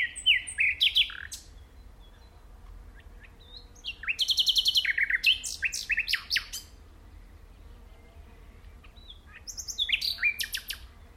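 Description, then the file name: Common nightingale delivering three separate song phrases, each a rapid, loud mix of clicking repeated notes, whistles and slurs, with quiet gaps between them. "Luscinia megarhynchos"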